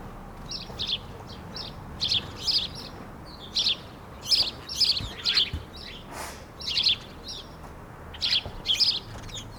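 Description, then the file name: House sparrow chirping in twos and threes, harsh repeated notes separated by short gaps. "Passer domesticus"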